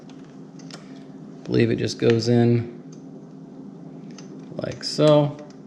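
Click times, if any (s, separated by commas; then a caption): none. Someone handles a plastic accessory-power wiring connector at the wiring harness plug of a 2023 Kawasaki KLR 650 Gen 3 base model during a power socket install, with small clicks and rustles under someone talking. The connector is about to be pushed into its mating plug, but nothing has seated or clicked yet.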